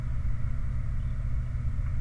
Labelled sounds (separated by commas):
songbird, truck